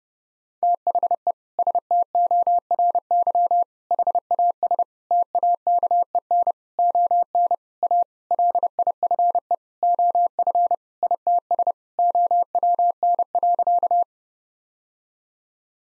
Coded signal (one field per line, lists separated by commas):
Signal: Morse code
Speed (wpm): 30 wpm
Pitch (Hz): 700 Hz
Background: none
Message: THE STORY HAS TAKEN ON A LIFE OF ITS OWN.